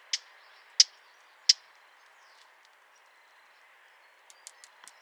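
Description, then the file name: Eurasian blackcap giving hard, dry tack calls: three loud clicks spaced under a second apart, then a quieter cluster of ticks near the end. "Sylvia atricapilla"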